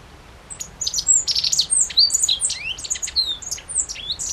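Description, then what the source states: Godlewski's bunting, a short, hurried jumble of high, thin chirps and quick rising and falling whistled slurs after a silent opening half-second. Recorded 14 June 2012.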